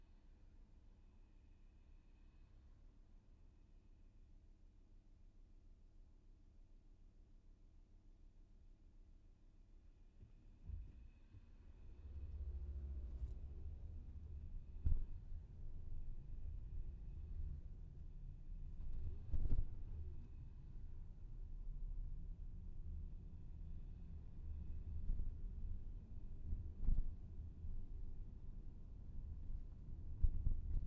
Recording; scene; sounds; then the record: everyday scene through a hearing-aid microphone; in a vehicle; engine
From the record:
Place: VW T5 Caravelle, diesel engine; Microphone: behind the ear, left, front